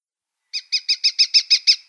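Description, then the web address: Red-footed falcon call: a rapid, evenly spaced series of shrill, high notes, with no other sounds. "Schulze Peter Red-footed Falcon"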